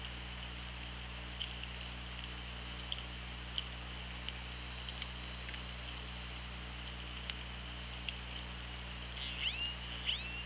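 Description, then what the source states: Orca sounds, scattered sharp clicks followed near the end by two quick upswept pulsed calls, with constant underwater hiss and a low steady hum throughout. Recorded on an OrcaLab hydrophone underwater, 24 August 2017 at 16:05.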